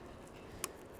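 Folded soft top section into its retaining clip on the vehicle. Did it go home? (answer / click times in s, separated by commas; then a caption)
yes / 0.6 s. A folded soft top section on a 2026 Ford Bronco is flipped back into its retaining clip on the vehicle and snaps into place. A single sharp click is heard at 0.6 seconds over a quiet background. The top is seated.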